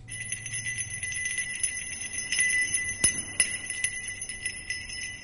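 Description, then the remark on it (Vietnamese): A small bell, carried by a person walking in from outside, tinkles softly and steadily with their steps, its bright high tones ringing on, with a couple of sharper chimes standing out partway through. “Tiếng chuông khẽ leng keng kêu lên từ ngoài, theo bước chân của người nọ mà đi vào bên trong.”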